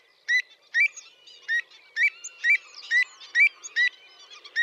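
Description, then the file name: Pied avocet giving clear, fluting kluit notes, repeated about twice a second, with softer calls in between. "Avocette-élégante-Recurvirostra-avosetta"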